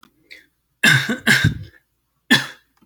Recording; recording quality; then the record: heavy voluntary cough; excellent, no background noise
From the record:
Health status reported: healthy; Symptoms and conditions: sore throat, asthma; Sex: male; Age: 27 years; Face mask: not worn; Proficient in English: yes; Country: Canada